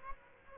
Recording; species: mosquito wingbeat signal from an infrared sensor; Aedes aegypti